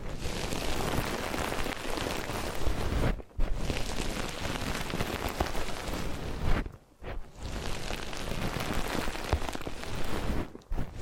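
Massage and ear cleaning sounds: a dense, steady rustling and crackling like rain on a surface, spread from low rumble to bright hiss. The rubbing stops briefly three times, near 3, 7 and 10.5 seconds, then resumes at the same pace.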